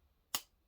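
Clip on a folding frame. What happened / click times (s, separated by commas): The clip snapped into place / 0.4 s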